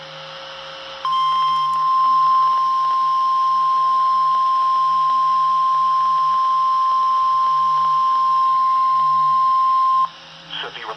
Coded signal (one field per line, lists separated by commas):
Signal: Emergency Alert System (SAME) tones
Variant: 1050 Hz attention tone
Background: speech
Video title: EAS Alerts From June 19, And June 20, 2021, [EAS #590 - #595]